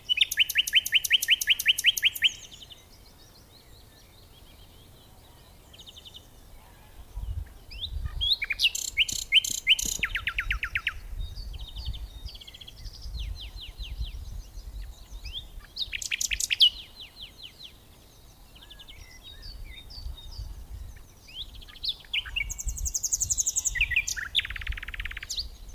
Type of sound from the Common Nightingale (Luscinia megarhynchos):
song